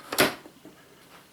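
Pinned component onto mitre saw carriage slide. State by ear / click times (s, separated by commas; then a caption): seated / 0.1 s, 0.2 s. A component with spring-loaded locating pins is pushed onto the end of the carriage slide of an Evolution R210SMS sliding mitre saw until it clicks home, with sharp clicks at 0.1 s and 0.2 s followed by faint handling noises. The part is seated, and a check shows the pins have come up through the holes on at least one side.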